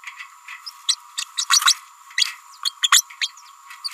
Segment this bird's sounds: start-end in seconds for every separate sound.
0.66-0.70, 0.88-0.96, 1.17-1.24, 1.37-1.46, 1.50-1.60, 2.17-2.25, 2.65-2.75, 2.82-2.91, 2.92-3.04, 3.21-3.31, 3.84-3.89